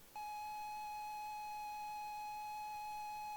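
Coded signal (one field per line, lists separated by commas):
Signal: ZX Spectrum tape loading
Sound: a steady, buzzy mid-pitched lead tone that holds unchanged for over three seconds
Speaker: Let's do the tape loader again. See if I can do the 128k again. Maybe it will. Maybe it won't.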